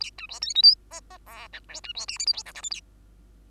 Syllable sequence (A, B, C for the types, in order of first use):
A B C D E F G G H I J B C K L M N O P Q A